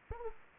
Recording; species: mosquito wingbeat signal from an infrared sensor; Anopheles gambiae